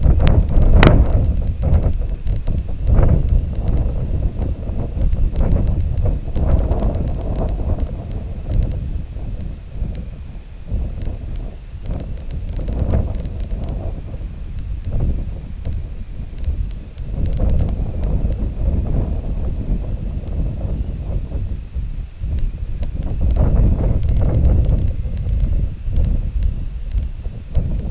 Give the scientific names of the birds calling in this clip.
none